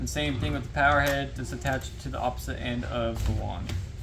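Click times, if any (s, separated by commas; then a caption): none. Someone talks while the floor power head of a Prolux RS7 Pro stick vacuum is handled at the opposite, lower end of its plastic extension wand, ready to be pushed on until it locks. Speech fills the clip over a steady background of music, with a brief sharp sound right at the end near 4.1 seconds. The power head has not seated or clicked onto the wand yet.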